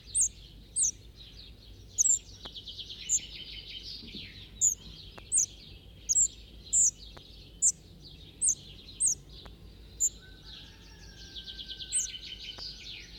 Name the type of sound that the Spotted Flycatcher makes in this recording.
song